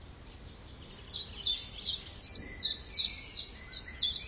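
Bird chirping: high, sharp downslurred chirps repeated about three times a second in a steady series, with a faint lower whistle behind.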